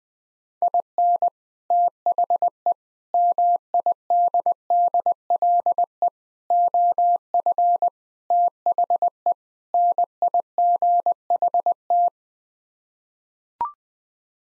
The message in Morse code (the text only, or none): IN THE MIDDLE OF THE NIGHT